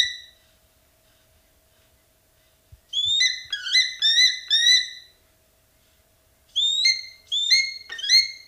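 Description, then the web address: Black-and-white hawk-eagle calling in loud, pure whistles. A lone note is followed by silence, then two bursts of several repeated upslurred whistles about half a second apart. Calls; eastern lowlands of South America. "Natures Songs S America Eastern Lowlands Spizastur melanoleucus, calls"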